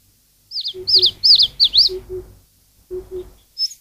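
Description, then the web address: Eastern crowned warbler singing several bright swooping high notes in quick succession, with a short high note at the end and low paired notes in the background. "cats sikioto birds sendaimushikui"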